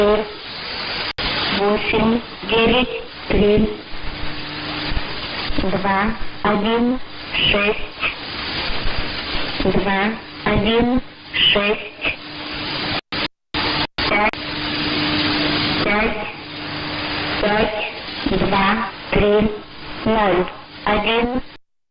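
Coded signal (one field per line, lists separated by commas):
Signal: numbers station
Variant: S06s, Russian female voice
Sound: a female voice reading short, evenly spaced words, likely Russian numbers, through static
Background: radio static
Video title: 12 09 2017 Numbers station S06s Russian Lady in Russian to Eu 1014 on 7340 unknown tx site in CUSB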